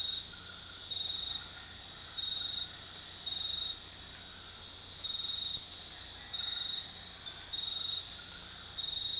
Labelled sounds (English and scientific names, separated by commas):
none